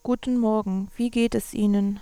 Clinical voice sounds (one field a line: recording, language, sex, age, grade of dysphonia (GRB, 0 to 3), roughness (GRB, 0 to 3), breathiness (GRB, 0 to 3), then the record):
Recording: spoken sentence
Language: German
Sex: female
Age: 30 to 39 years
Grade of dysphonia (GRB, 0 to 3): 1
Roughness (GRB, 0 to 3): 1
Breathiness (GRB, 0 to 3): 1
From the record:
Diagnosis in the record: functional dysphonia, psychogenic dysphonia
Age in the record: 36 years